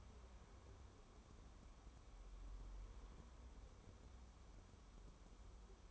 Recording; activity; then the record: daily activity, microphone in the room; wipe stove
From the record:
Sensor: 1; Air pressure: 1015.1 hPa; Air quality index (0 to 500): 42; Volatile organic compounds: 1 ppm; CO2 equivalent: 597 ppm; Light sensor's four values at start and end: 13/32/13/14 and 13/32/13/14